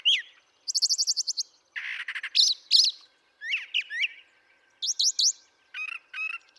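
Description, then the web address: Brown thrasher singing a varied string of phrases: rapid ticking notes, a harsh buzzy burst, slurred whistles and doubled chirps, separated by brief pauses. "birdsongforthecurious Brown Thrasher"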